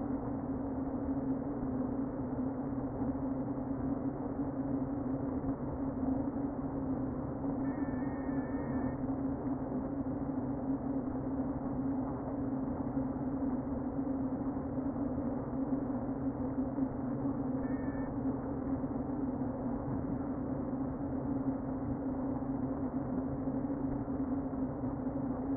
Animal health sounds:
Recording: honeybee colony, microphone inside the hive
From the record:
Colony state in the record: queen present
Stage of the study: before two queens were removed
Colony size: about 60,000 bees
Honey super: yes

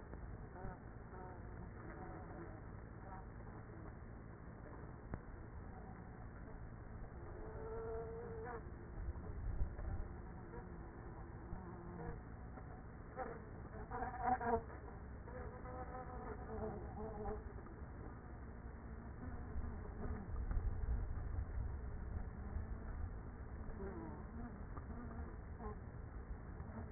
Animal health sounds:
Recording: honeybee colony, microphone inside the hive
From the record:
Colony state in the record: queenless with a low population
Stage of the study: after two queens were removed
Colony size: about 30,000 bees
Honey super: no

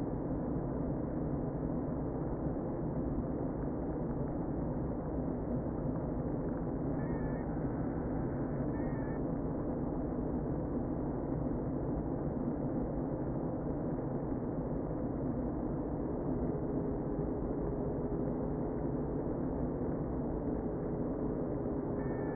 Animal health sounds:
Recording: honeybee colony, microphone inside the hive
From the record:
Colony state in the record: queen present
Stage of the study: before two queens were removed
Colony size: about 60,000 bees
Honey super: yes

